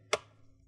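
A guitar pick wedged two to three millimeters between the top and bottom plastic covers of an Asus X507M laptop, opened about 45 degrees with its screws removed, is twisted to pry the bottom cover. A single sharp, bright click at 0.1 s is heard over a faint low hum. A plastic retaining clip on the bottom cover pops open.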